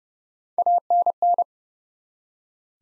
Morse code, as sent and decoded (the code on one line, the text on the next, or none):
.- -. -.
ANN